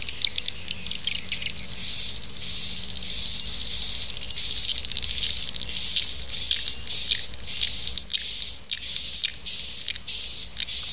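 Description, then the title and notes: Swiftlet calls, dense high rasping chirps in quick succession, opening with a few sharp clicks, then a near-continuous run of short buzzy bursts. Sound used for swiftlet farming in Asia. "Swiflet Bird Sound. Farming Swiflet Bird asia sound"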